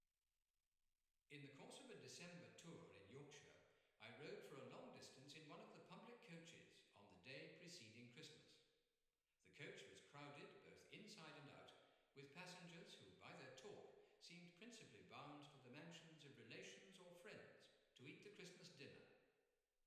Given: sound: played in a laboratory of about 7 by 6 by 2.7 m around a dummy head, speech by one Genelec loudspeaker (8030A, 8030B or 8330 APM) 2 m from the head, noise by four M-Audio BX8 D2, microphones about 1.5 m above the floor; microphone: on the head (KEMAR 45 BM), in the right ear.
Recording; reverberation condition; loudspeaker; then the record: male speech in English; high; 30 degrees to the right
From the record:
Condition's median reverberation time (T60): about 1300 ms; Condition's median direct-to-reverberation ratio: about -4.0 dB